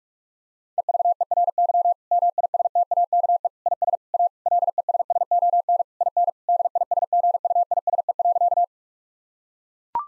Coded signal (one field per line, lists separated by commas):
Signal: Morse code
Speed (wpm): 41 wpm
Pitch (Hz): 700 Hz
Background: none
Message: EVERY MISTAKE IS A LESSON IN DISGUISE.